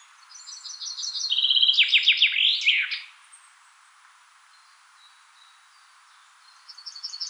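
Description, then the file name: Common chaffinch song: thin high notes lead into a fast rattling trill and an emphatic closing flourish, followed by quiet; a new phrase begins at the very end. "Fringilla coelebs"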